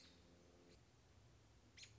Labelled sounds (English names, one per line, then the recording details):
American Robin
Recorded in Sonoma County, California